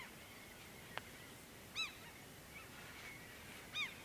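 Seabird calls: two short, high, arched harmonic notes about two seconds apart, with a single sharp click earlier and a faint hiss throughout.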